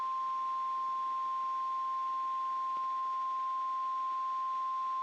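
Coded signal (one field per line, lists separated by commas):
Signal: Emergency Alert System (SAME) tones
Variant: 1050 Hz attention tone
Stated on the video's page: NOAA Weather Radio severe thunderstorm warning.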